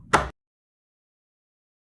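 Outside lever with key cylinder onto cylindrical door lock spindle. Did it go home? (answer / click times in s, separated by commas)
yes / 0.1 s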